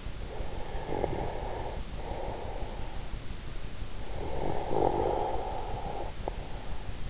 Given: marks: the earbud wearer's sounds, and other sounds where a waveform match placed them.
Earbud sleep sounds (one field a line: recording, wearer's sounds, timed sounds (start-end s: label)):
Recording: sounds in sleep by an in-ear microphone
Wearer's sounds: breath, snoring breath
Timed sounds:
0.15-3.35 s: breath
3.75-7.06 s: snoring breath